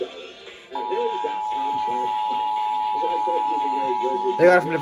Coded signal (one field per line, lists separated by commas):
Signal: Emergency Alert System (SAME) tones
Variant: 853 and 960 Hz attention tone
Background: speech, music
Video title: Tests And Alerts - EAS 1145 - 1239-